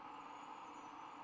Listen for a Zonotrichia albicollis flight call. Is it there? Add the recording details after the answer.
no. No flight call is heard. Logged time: 02:02 on 1 December 2014